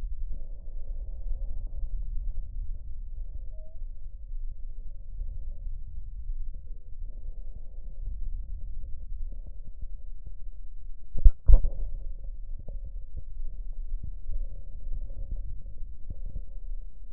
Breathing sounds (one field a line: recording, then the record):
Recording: lung sounds by stethoscope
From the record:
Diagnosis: emphysema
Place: left posterior upper chest